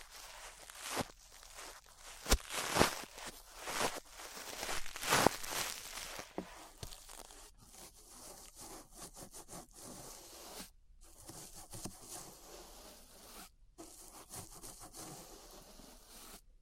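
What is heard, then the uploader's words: Ear brushing with bristles scraping and rubbing in bursts, loudest in the first seven seconds with sharp strokes near 2, 3 and 5 seconds. After that the brushing turns softer and steadier, a dense hiss of quick repeated strokes broken by brief silences near 11 and 14 seconds. ASMR Relaxing 3Dio Ear Brushing (No Talking).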